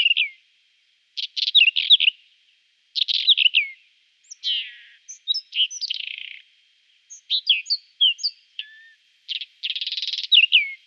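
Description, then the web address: Whinchat song in brief varied bursts of scratchy, warbling notes with short whistles and buzzy elements, phrases separated by short pauses. "Schulze Peter Whinchat song"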